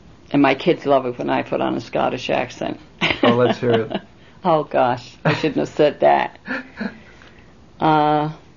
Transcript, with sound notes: and my kids love it when I put on a Scottish accent. ( they laugh )
Let's hear it.
Oh, gosh. I shouldn't have said that. Uh,